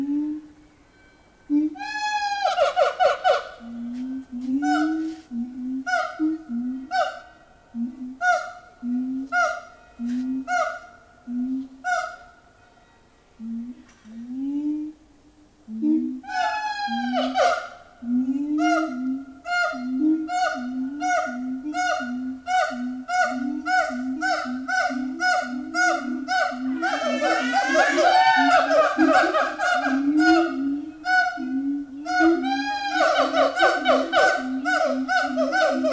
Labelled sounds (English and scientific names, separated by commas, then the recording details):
Siamang (Symphalangus syndactylus)
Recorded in captivity
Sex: group
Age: diverse
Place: Zoo Berlin, Berlin, DE
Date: 2000-09-07 14:45
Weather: heiter, 16°C
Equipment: Nagra SN, Kopie Uher 4000 Report Monitor
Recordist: Tembrock, Günter